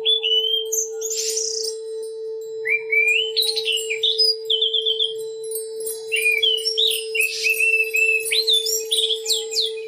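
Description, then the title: Oriental magpie-robin song: varied clear whistled phrases, rising and falling slurs with scratchy notes between, over a steady low hum. "Kicau Kacer"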